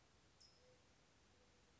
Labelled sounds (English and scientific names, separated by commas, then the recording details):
California Towhee (Melozone crissalis)
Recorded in Sonoma County, California